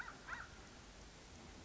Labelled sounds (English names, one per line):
American Crow